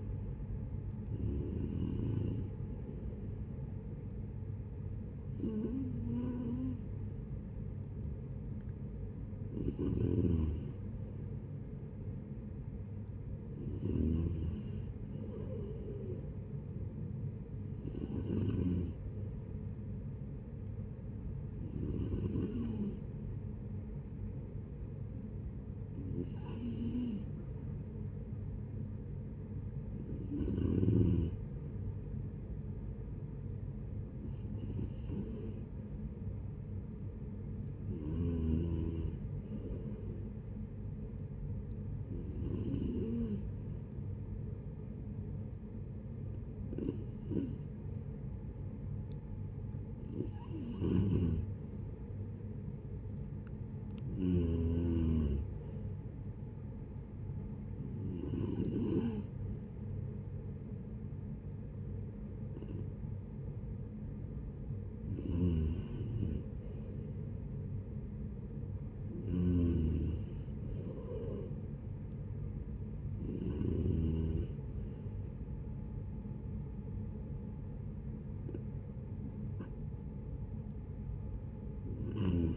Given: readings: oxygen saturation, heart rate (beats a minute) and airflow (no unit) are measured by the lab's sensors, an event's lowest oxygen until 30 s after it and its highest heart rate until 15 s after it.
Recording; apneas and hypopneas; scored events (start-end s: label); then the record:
breathing in sleep by a smartphone at the bedside; 2
4.00-26.20 s: hypopnea (N2, oxygen 94% highest, then 91% lowest, heart rate 72 at the start, 73 highest)
42.00-53.10 s: hypopnea (N2, oxygen 92% highest, then 89% lowest, heart rate 71 at the start, 73 highest)
49.00-79.00 s: new sleep stage, N3 (deep sleep)
79.00-82.57 s: new sleep stage, N2 (light sleep)
From the record:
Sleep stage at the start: N2 (light sleep); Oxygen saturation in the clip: 88 to 94%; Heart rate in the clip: 64 to 73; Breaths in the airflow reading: 20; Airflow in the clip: -11.7 to 9.8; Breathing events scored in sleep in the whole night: 496 in 5.4 hours asleep